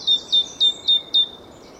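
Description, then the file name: Great tit giving five clear, ringing notes, each a quick downward slur settling on a steady high whistle, spaced about a quarter second apart. "Parus major"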